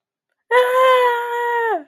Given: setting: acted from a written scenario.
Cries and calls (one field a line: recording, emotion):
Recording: vocal sound without words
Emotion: distress